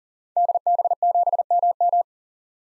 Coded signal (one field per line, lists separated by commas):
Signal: Morse code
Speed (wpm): 37 wpm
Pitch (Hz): 700 Hz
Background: none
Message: DB7MM